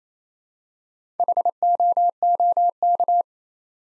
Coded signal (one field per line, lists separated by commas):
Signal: Morse code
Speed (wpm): 28 wpm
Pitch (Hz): 700 Hz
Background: none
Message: HOOK